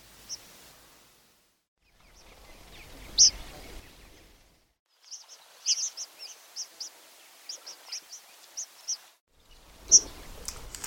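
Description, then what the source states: Horned lark calls: bursts of high, thin chirps, some in quick runs, separated by brief silent gaps. Very young birds, fully fledged and flying but not yet moulted; recorded in Mongolia.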